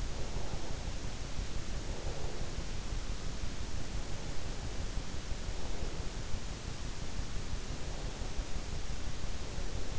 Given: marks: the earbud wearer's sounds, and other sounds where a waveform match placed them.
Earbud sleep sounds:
sounds in sleep by an in-ear microphone; breath
0.00-2.72 s: breath

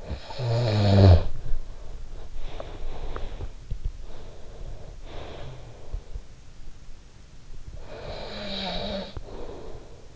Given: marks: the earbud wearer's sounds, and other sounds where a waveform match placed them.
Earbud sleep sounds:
sounds in sleep by an in-ear microphone; snoring breath, body movement, teeth grinding, breath
0.00-2.34 s: snoring breath
1.94-4.93 s: body movement
2.34-3.37 s: teeth grinding
3.99-6.27 s: breath
7.80-10.16 s: snoring breath

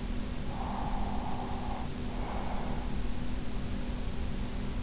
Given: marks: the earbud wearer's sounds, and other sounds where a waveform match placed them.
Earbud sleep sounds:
sounds in sleep by an in-ear microphone; breath
0.24-3.02 s: breath

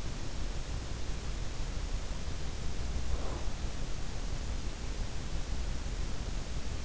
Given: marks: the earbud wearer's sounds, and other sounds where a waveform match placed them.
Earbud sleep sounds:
sounds in sleep by an in-ear microphone; breath
2.82-3.79 s: breath

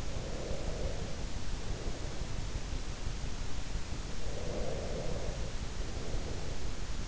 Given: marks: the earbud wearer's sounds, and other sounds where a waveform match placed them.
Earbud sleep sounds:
sounds in sleep by an in-ear microphone; breath
0.00-2.58 s: breath
4.20-6.96 s: breath

